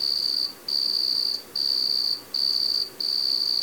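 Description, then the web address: Cricket trilling in long, even buzzing bursts of under a second, separated by short gaps, steady and high-pitched over a soft background hiss. "E-MU Producer Series Vol 3 – Hollywood Sound Effects Water Insects 1 CRICKET"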